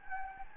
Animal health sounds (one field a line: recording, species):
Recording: mosquito wingbeat signal from an infrared sensor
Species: Anopheles gambiae